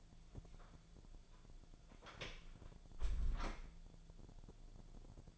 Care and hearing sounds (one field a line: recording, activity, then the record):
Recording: daily activity, microphone in the room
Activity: close door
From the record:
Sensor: 5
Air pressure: 1000.6 hPa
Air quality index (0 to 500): 152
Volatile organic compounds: 2 ppm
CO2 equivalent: 1171 ppm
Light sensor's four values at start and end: 47/111/46/49 and 47/111/46/49